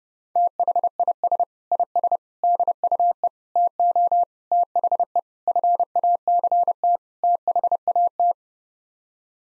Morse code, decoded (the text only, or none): THIS IS DUE TO THE FACT THAT